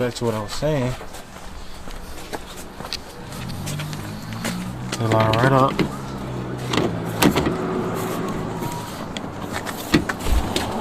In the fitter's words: it just snap right in. Back together. They're not going nowhere.